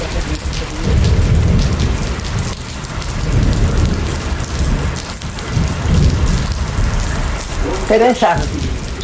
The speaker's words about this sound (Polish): Jezu, burza idzie szybciej.